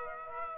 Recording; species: mosquito wingbeat signal from an infrared sensor; Aedes aegypti